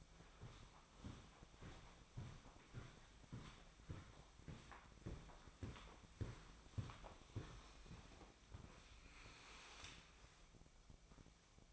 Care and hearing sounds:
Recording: daily activity, microphone in the room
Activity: walk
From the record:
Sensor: 1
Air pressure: 1009.3 hPa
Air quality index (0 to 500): 186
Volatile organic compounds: 4 ppm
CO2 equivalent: 1576 ppm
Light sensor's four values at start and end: 54/144/60/72 and 54/145/59/73

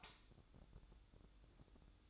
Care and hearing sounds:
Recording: daily activity, microphone in the room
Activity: light off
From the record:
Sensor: 3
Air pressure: 1007.8 hPa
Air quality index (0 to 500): 89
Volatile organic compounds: 1 ppm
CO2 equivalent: 756 ppm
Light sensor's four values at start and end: 19/50/22/20 and 12/27/11/11

